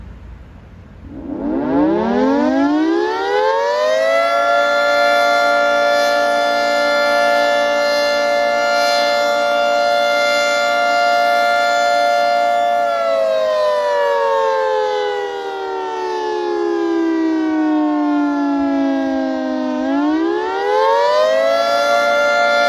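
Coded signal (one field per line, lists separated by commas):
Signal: siren signal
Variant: attack (wavering) signal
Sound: outdoor siren winds up to a loud steady howl, slowly falls, then rises again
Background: outdoor ambience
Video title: Federal Signal 3T22 Weekly Pager/Siren Test - Attack - Middle Island, NY 8/2/2026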